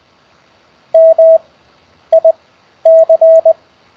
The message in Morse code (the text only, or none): MIC